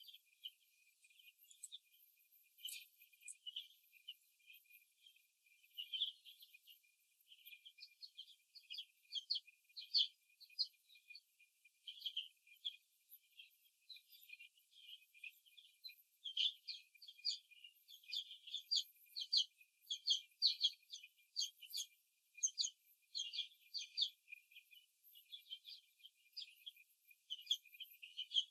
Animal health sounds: young laying hens in a cage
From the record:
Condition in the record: before the stressor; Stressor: simulated dog barking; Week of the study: 2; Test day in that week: 3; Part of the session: 4

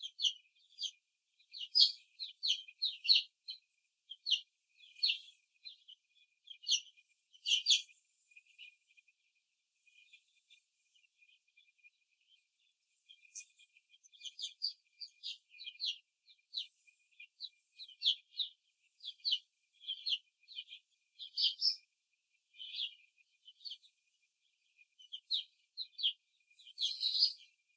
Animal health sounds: young laying hens in a cage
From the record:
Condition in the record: after the stressor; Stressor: simulated dog barking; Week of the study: 2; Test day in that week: 2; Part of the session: 2

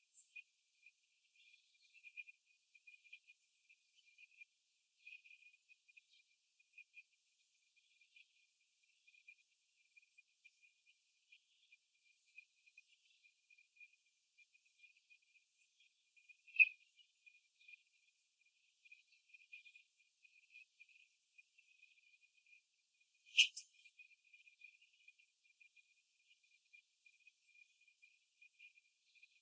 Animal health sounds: young laying hens in a cage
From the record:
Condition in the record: control cage, after the stress test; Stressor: none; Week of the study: 4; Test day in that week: 3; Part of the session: 4

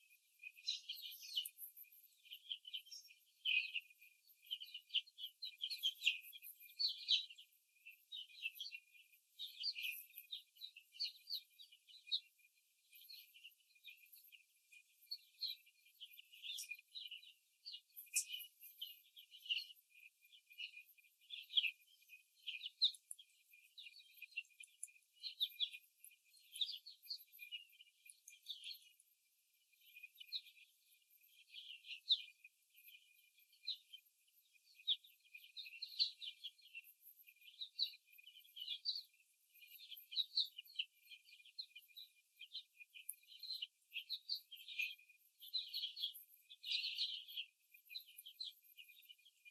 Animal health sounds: young laying hens in a cage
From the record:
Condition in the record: before the stressor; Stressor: simulated dog barking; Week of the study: 3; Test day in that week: 1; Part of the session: 3

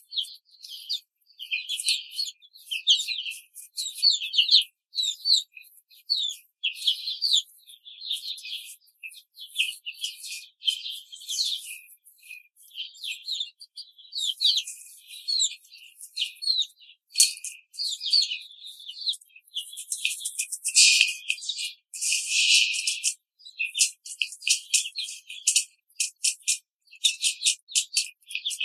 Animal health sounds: young laying hens in a cage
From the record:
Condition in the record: control cage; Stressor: none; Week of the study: 5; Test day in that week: 1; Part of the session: 1

